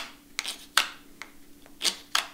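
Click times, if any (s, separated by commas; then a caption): none. A fixed-blade knife is pushed into its molded sheath, making a series of short, sharp plastic-like ticks and scrapes at about 0.4, 0.8, 1.2, 1.7 and 2.2 seconds. The blade does not click into the sheath: there is no positive click, though it won't fall out.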